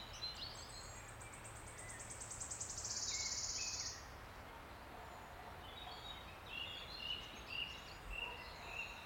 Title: Sound Escape. listen to the cascade of wood warbler song in an ancient oak wood